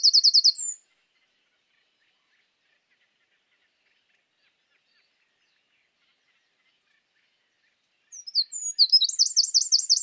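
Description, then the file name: Eurasian wren song: rapid, high-pitched bursts of trilled notes, one short burst at the start, then silence, then a loud, fast, rattling phrase over the final two seconds. "Troglodytes troglodytes"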